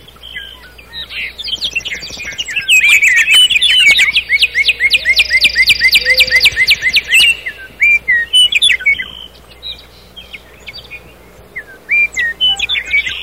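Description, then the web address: Common nightingale song: a long, loud series of rapidly repeated notes over a buzzy trill, followed by scattered sharp chirps and whistled fragments, with faint low whistles. "rouxinol-comum canto do rouxinol-comum"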